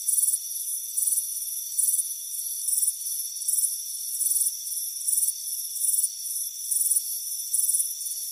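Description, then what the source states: Crickets give high, clipped chirps spaced a little under a second apart, with a thin steady insect whine underneath. Chirping crickets on a warm afternoon, heard from a front porch.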